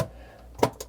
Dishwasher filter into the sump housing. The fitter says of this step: just kind of sits there, and then you'll feel this lock into place.